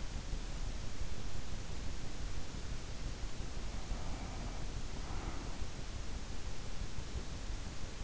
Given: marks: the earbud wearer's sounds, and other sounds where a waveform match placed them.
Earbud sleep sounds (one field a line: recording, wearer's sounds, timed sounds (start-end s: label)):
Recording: sounds in sleep by an in-ear microphone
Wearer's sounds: breath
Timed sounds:
3.54-5.70 s: breath